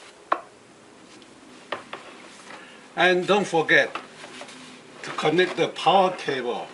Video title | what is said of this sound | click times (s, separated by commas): How to fix center power outlet on Toyota Corolla 2006 | you put it in your here click and don't | 0.3 s